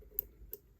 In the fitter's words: there we go nice little click and pop this back over and look it back up and it's ready take